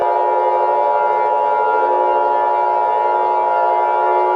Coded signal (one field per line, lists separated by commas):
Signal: Emergency Alert System (SAME) tones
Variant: 853 and 960 Hz attention tone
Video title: Forty-Seven Returns: An EAS Scenario